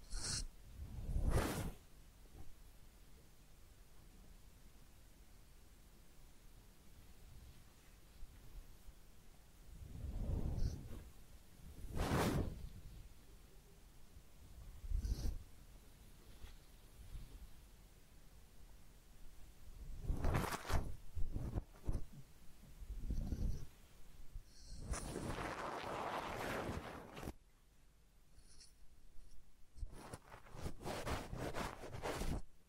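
Head massage and ear cleaning, heard as sharp scratchy rubs and brushing strokes that come in bursts rather than a steady run. Strong hits land near 1, 10, 12 and 20 seconds, with a longer rustling stretch around 25 to 27 seconds and quiet hiss between.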